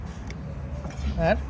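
A plastic car fuel filler cap is twisted closed into the fuel filler neck until its ratchet clicks, with one sharp click at 0.3 s giving the third click to be sure it is tight. Someone talks throughout, and the cap ends up done and secured.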